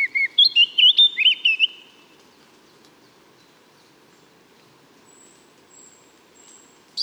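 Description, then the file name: Eurasian blackcap song: a short loud burst of fluty whistles, then near silence with faint thin high notes, and a new phrase starting at the very end. "Sylvia atricapilla"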